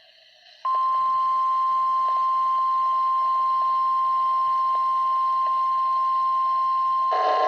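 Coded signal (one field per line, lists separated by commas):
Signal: Emergency Alert System (SAME) tones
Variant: 1050 Hz attention tone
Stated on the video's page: Fictional EAS scenario set in Chicago.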